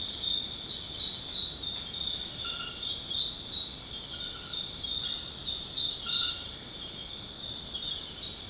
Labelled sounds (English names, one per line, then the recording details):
none
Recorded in secondary vegetation near Puerto Asís, Putumayo, Colombia, on 20 February 2024 at 23:30
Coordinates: 0.472, -76.331
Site G6371